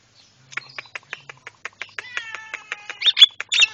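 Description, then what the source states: Javan myna song: a run of short clicking notes, then harmonic whistles and harsh squawky bursts near the end. Masteran for training cage birds; white-eyed form (mata putih).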